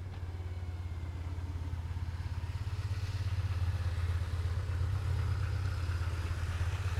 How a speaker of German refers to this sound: Und da haben wir dann auch gerade Glück gehabt, weil hier kommen nämlich dauernd irgendwelche Motorradfahrer vorbei.